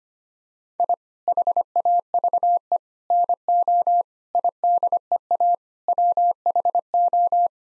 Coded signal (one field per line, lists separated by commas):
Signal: Morse code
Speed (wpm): 25 wpm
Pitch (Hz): 700 Hz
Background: none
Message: I HAVE NO IDEA WHO